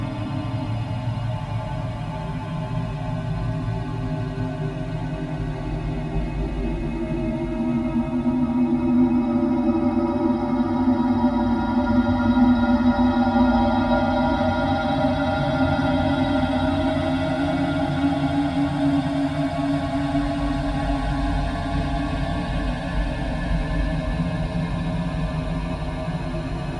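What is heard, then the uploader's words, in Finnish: Melting snow makes a steady, dense low murmur, like a continuous trickle and rumble. A faint sustained tone hovers in the middle, swelling slightly between about 8 and 22 seconds before easing back, with little high sound throughout. Lumen sulamisen äänistä koostuva radiofonia. Teoksen päämateriaalina on yhtenä ottona tehty kolmetuntinen äänitys, jossa lumeen upotettu hydrofoni (vedenalainen mikrofoni) tallentaa lumen hidasta sulamista ämpärissä huoneenlämmössä. Lumen sulaminen ämpärissä oli äänellisesti hyvin hiljaista.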